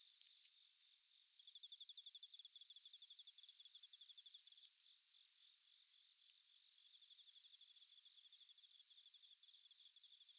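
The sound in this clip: Crickets chirping in a dense high-pitched chorus: a steady shrill tone, a pulsed trill in repeated bursts of a second or two, and a lower rapid ticking chirp throughout.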